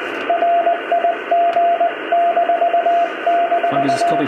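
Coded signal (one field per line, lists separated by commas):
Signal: Morse code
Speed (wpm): 20 wpm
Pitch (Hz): 690 Hz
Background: speech, radio noise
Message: RIG--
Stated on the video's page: CW from a homebrew 1930s-style single-valve transmitter in a demonstration contact.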